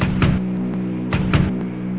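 Three dull knocks from outside on a just-closed airplane door, the first on its own and the next two close together, over a steady low hum with no voices.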